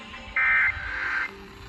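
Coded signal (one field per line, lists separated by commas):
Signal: Emergency Alert System (SAME) tones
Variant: end-of-message bursts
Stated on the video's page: Texas Required Monthly Test recorded off Fort Worth stations including WBAP-AM 820 kHz and several FM stations.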